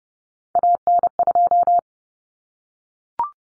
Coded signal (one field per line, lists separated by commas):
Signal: Morse code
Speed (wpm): 30 wpm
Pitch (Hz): 700 Hz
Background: none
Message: AN2